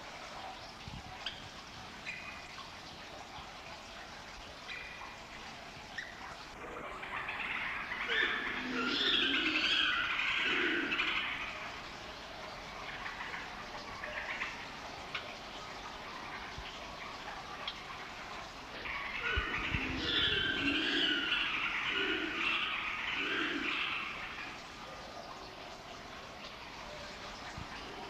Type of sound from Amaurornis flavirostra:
call